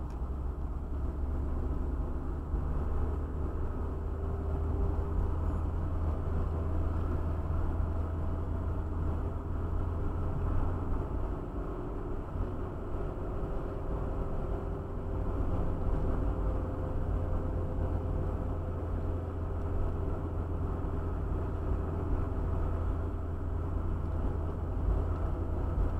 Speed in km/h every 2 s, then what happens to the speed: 39, 47, 51, 53, 50, 55, 54, 52, 52, 51, 48, 48, 50.
0-3 speeds up to 51. 3-10 steady at about 51. 10-20 slows to 48. 20-26 steady at about 48.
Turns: none.